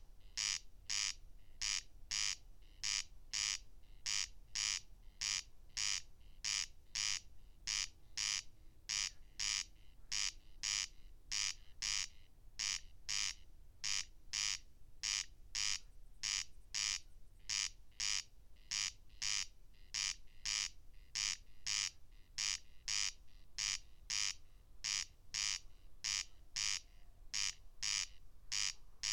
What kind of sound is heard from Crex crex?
song